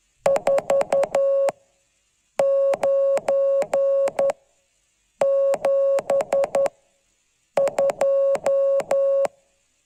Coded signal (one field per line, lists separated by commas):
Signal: Morse code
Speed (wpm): 11 wpm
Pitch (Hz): 550 Hz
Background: none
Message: 4972